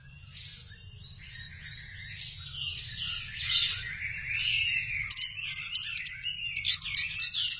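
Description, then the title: Thrush song with slurred sweeping phrases, ending in quick sharp clicking notes, over a steady low hum. "burung anis x"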